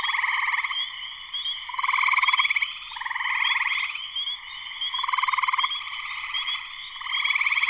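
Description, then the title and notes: Chorus of spring peepers, sharp high peeps massed into a constant shrill drone that surges louder every couple of seconds. Full chorus of spring peepers shortly after sunset in Sleeping Bear Dunes National Lakeshore, northern Michigan, USA. "Spring peepers (chorus frogs) in full chorus shortly after sunset in the Sleeping Bear Dunes National Lakeshore in northern Michigan, USA."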